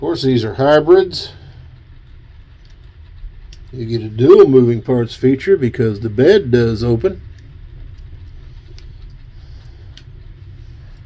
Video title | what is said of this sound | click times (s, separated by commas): A nice little mix of cars to review | and clicks back in place pretty nicely. | 10.0 s